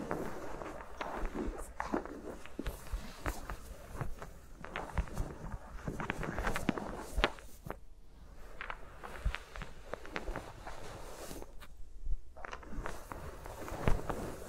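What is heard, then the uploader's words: Fingers move around microphones in an ASMR recording, making a dense, irregular run of sharp taps and clicks over soft rustling and scratching. The sounds come in quick bursts with brief lulls near eight and twelve seconds, and a louder tap comes near the end. ASMR with Mics Around My Fingers (No Talking).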